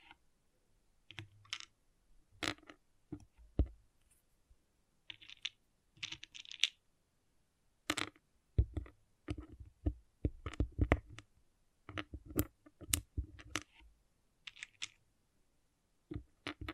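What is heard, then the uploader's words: Small pixel art beads click and clatter in quick, irregular bursts of sharp, bright ticks. The sounds come in scattered clusters, sparse at first and busiest from about 8 to 13 seconds, with short silences between groups and a faint low rumble under some clicks. ASMR Relaxing Pixel Art Beads ( No Talking).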